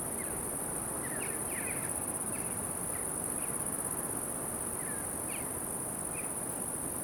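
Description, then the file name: Cricket: continuous high trill with a few brief, faint higher calls over low background noise. Wind in background. "Silencyo CC Crickets Swifts Wind"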